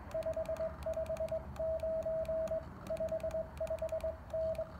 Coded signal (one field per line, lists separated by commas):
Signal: Morse code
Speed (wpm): 20 wpm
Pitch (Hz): 660 Hz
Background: radio noise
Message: 559 55N